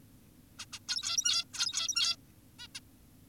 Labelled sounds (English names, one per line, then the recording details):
Zebra Finch
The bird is an adult
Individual g17y2U